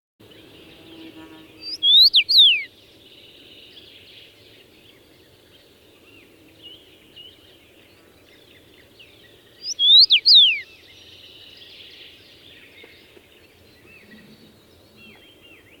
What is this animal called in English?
Common Rosefinch